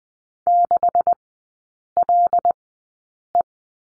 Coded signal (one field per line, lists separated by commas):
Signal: Morse code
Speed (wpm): 20 wpm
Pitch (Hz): 700 Hz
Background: none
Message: 6LE